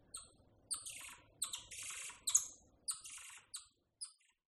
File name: audio hero Monkey Golden Lion Tamarin